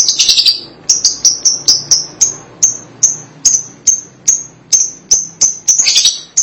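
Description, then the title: Lovebird giving sharp, high shrill chirps repeated roughly twice a second, with short bursts of rapid chattering at the start and end. "BM Suara Burung Lovebird"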